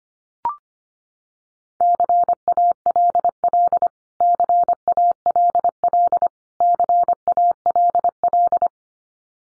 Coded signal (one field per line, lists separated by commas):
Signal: Morse code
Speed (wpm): 25 wpm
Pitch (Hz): 700 Hz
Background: none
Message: CALL CALL CALL